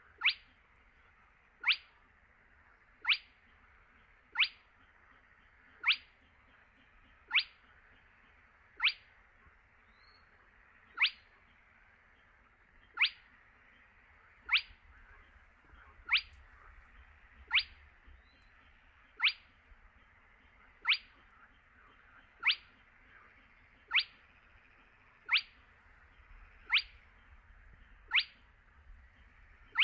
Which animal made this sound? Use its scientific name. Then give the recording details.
Porzana porzana. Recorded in the wild. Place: Kützerhof, Kummerower See, Mecklenburg-Vorpommern, DE. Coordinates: 53.8522, 12.8731. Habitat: wetland. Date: 2009-06-19. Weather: leicht bewölkt, windstill, ca. 15 °C. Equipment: Sound Devices 702, Sennheiser MKH 70, Popschutz. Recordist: Frommolt, Karl-Heinz. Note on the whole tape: Polder Kleine Rosin: Rufreihe eines Tüpfelsumpfhuhnes. Entfernung 5 m. Sehr gute Aufnahme